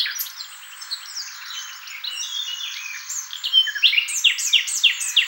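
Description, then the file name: Common nightingale song: soft varied warbling that builds into a loud series of repeated sharp downslurred notes in the final seconds. "Luscinia megarhynchos"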